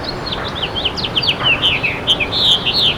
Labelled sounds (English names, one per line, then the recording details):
House Finch song
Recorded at Bay Shore on Long Island, New York, on 29 May 2013
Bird E